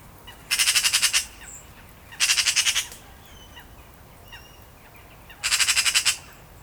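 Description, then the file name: Eurasian magpie giving harsh rattling chatters, three bursts of about eight rapid grating notes each, with faint high chirps in between. "Pica pica"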